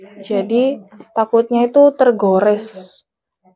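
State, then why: Not seated. A full-tang Bohler K110 slaughtering knife blade is being slowly slid by hand into its sheath, handled carefully so it does not get scratched, while someone talks. Nothing has seated or clicked yet; the knife is not yet home in the sheath, which should snap shut once it is fully closed and tight.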